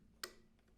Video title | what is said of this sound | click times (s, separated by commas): Tronxy XY-3 Pro V2 unboxing, install, first print, and week after review | so you just plug it in and it clicks in place | 0.2 s